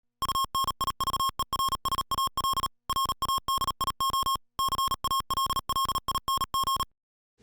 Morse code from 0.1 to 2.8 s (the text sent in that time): UNIVERSAL